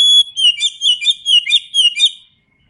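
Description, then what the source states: Oriental magpie-robin giving one rich, flowing phrase of bright whistles and warbled twists, rolling quickly for about two seconds before stopping. Known by the Indonesian name kacer; described as gacor, singing often and vigorously.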